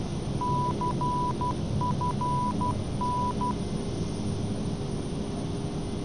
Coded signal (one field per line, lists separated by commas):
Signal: Morse code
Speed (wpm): 12 wpm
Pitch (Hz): 990 Hz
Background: none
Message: CFN